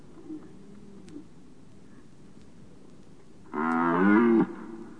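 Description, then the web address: Red deer gives one deep, harmonic bellow lasting about a second, after a stretch of low background noise. "Jelen"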